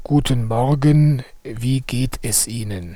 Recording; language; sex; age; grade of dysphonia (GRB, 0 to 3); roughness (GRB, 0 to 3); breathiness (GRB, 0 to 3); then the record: spoken sentence; German; male; 50 to 59 years; 3; 3; 1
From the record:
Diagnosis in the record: dysphonia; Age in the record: 50 years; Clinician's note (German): Ponogen